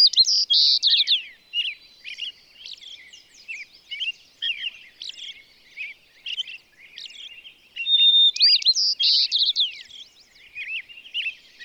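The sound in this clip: Bird song, a loud burst of rich trills and whistles opening, then a long run of quieter varied twitters, chirps and slurred notes, the loud trilling returning later.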